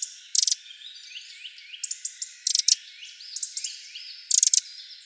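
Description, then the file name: Eurasian wren giving rattling bursts of harsh clicks, with scattered single ticks between. "Troglodytes troglodytes"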